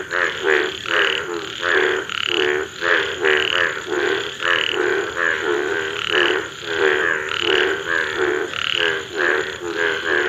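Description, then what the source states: Indian bullfrog croaking continuously, rasping calls following quickly one after another in a dense pulsing rhythm. Mating call, India; bright lemon yellow frogs inflate a deep navy blue to dark purple neck when calling, sending ripples across the water surface.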